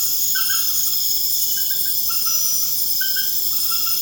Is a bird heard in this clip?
no